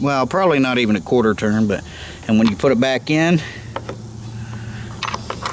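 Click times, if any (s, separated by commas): 5.3 s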